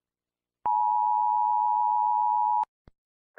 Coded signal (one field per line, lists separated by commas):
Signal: Emergency Alert System (SAME) tones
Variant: 853 and 960 Hz attention tone